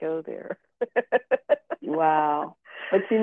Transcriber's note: laughs